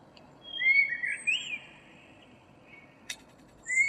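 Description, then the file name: Common blackbird giving a sliding fluted whistle, a faint high note and a short click, then the start of another whistle. "Turdus merula"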